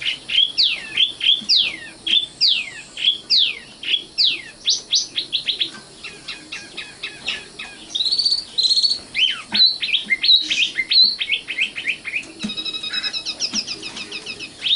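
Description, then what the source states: Oriental magpie-robin song: a long run of sharp descending whistled notes, then quick trills and mixed phrases. Kacer song.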